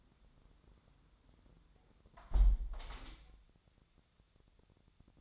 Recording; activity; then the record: daily activity, microphone in the room; close window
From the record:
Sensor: 3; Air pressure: 1006.3 hPa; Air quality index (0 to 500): 186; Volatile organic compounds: 12 ppm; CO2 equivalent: 2365 ppm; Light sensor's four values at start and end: 10/24/10/10 and 9/22/9/9